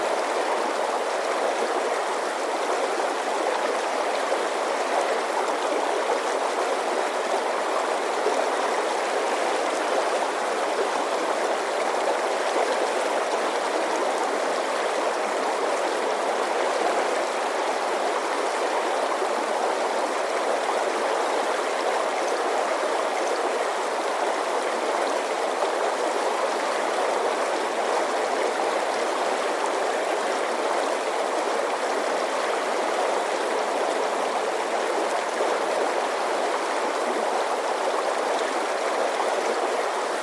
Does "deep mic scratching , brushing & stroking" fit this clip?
no